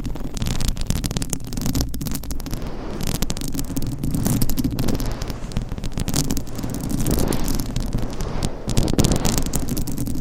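Microphone scratching: constant rough rubbing and scraping with a heavy low rumble, broken by frequent sharp crackles and brief louder swells throughout.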